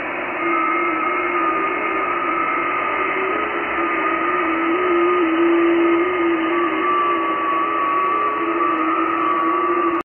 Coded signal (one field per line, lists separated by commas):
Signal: FT8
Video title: 5X3E, Uganda AFRICA, 14MHz, FT8, Worked by HL2WA